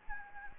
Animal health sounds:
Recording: mosquito wingbeat signal from an infrared sensor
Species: Anopheles gambiae

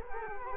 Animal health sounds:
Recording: mosquito wingbeat signal from an infrared sensor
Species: Culex quinquefasciatus

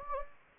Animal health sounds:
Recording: mosquito wingbeat signal from an infrared sensor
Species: Anopheles gambiae

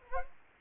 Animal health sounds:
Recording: mosquito wingbeat signal from an infrared sensor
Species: Anopheles arabiensis

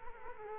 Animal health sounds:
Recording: mosquito wingbeat signal from an infrared sensor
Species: Culex quinquefasciatus

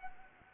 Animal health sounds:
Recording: mosquito wingbeat signal from an infrared sensor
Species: Anopheles gambiae

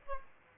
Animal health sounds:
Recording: mosquito wingbeat signal from an infrared sensor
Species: Aedes aegypti

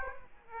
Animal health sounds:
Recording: mosquito wingbeat signal from an infrared sensor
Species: Aedes aegypti

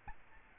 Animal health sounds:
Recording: mosquito wingbeat signal from an infrared sensor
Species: Aedes albopictus

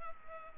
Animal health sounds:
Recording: mosquito wingbeat signal from an infrared sensor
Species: Culex pipiens

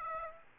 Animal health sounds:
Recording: mosquito wingbeat signal from an infrared sensor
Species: Aedes aegypti

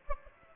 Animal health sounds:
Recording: mosquito wingbeat signal from an infrared sensor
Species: Aedes aegypti

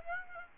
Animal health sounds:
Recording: mosquito wingbeat signal from an infrared sensor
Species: Aedes aegypti

